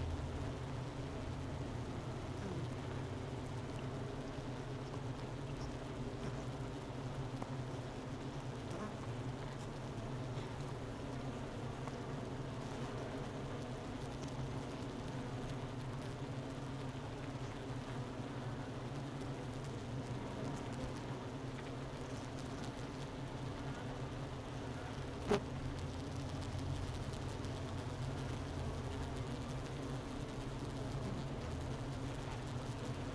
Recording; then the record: honeybee colony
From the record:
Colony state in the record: missing queen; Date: 31 May 2018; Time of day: 11:38